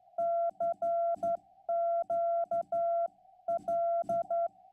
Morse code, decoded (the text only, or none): CQL